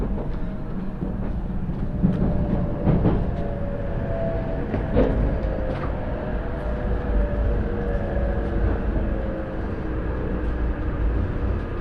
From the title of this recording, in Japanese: しなの鉄道・北陸新幹線 小諸→上田→長野